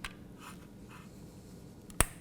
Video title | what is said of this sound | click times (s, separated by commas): XA11 Kit Tutorial | just slightly and it clicks into place when you remove it you need to push up on this while you're pulling it out | 2.0 s